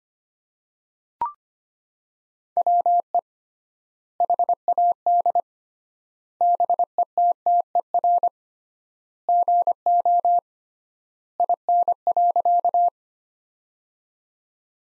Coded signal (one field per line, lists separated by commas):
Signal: Morse code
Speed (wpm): 25 wpm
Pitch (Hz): 700 Hz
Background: none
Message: WE HAD BETTER GO IN.